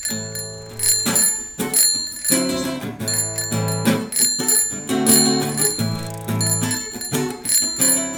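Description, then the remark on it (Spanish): Bicycle bells ring over and over at a carnival parade, from a murga arriving with bicycles and floats themed on the Vuelta Ciclista; many overlapping metallic dings in a bright, busy, uneven rhythm that keeps going without pause. No one speaks. “Llegaron al desfile de carnaval con bicicletas y carros alegóricos alusivos a la Vuelta Ciclista, que era el tema de su espectáculo.”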